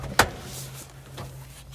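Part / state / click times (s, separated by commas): swivel seat base lock in a van / not seated / none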